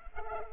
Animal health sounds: mosquito wingbeat signal from an infrared sensor; Culex pipiens

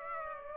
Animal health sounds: mosquito wingbeat signal from an infrared sensor; Aedes aegypti

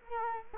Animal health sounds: mosquito wingbeat signal from an infrared sensor; Culex quinquefasciatus

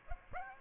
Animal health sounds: mosquito wingbeat signal from an infrared sensor; Aedes aegypti

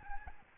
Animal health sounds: mosquito wingbeat signal from an infrared sensor; Aedes albopictus

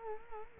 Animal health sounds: mosquito wingbeat signal from an infrared sensor; Culex quinquefasciatus

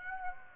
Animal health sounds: mosquito wingbeat signal from an infrared sensor; Aedes aegypti

